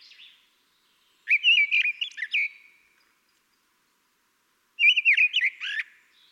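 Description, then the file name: Common blackbird singing two warbled phrases about three and a half seconds apart, mixing mellow whistles with high, squeaky notes. "Turdus merula"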